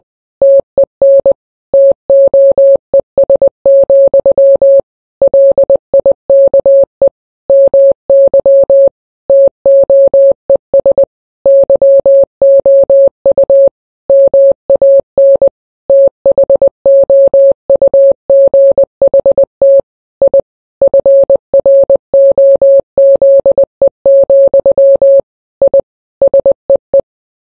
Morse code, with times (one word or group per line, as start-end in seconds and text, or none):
0.4-1.3 TEN
1.7-4.8 TOES,
5.2-7.1 LIKE
7.5-8.9 MY
9.3-11.0 TOES
11.5-13.7 YOU
14.1-15.5 MAN
15.9-19.8 THOUGHT
20.2-20.4 I
20.8-25.2 FROZE,
25.6-25.8 I
26.2-27.0 SEE